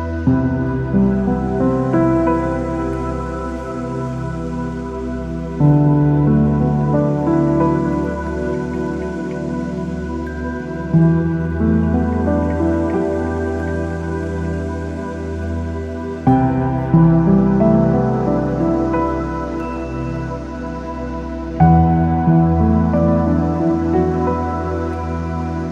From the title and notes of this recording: Relaxing Sleep Music with Rain Sounds. Calm Piano Music Twilight Rain.